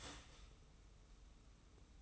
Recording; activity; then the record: daily activity, microphone in the room; start toaster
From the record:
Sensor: 1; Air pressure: 990.7 hPa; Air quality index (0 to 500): 144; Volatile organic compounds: 867 ppm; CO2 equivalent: 5183 ppm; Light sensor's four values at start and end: 25/60/25/28 and 25/60/25/28